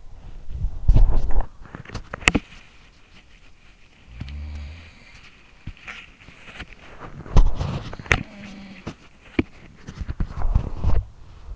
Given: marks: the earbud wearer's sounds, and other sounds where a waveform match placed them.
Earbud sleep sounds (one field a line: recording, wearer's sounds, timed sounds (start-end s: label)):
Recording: sounds in sleep by an in-ear microphone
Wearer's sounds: body movement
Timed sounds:
0.00-11.56 s: body movement
4.04-5.36 s: sound from someone else or the room
7.23-9.01 s: sound from someone else or the room